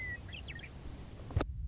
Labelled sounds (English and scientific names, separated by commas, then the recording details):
Western Meadowlark (Sturnella neglecta)
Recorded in Sonoma County, California